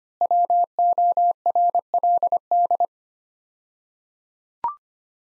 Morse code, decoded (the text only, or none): WORLD